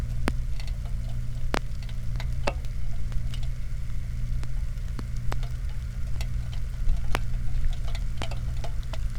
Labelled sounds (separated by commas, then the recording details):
machinery, flare stack, rain
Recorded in the Prudhoe Bay oil fields, Alaska, on 15 July 2019 at 06:06
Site 29